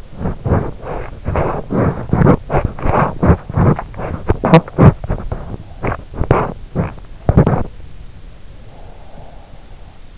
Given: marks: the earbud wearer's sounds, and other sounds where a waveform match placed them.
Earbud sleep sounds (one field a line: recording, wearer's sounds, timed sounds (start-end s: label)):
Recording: sounds in sleep by an in-ear microphone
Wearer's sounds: teeth grinding, breath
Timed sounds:
0.00-7.94 s: teeth grinding
7.94-10.18 s: breath